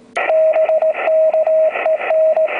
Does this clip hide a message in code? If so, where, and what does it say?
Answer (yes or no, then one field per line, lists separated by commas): yes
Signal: Morse code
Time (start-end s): 0.3-2.5 s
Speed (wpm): 19 wpm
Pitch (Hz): 620 Hz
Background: radio noise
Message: BKEN